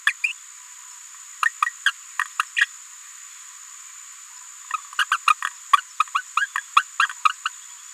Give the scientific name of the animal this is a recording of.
Forpus passerinus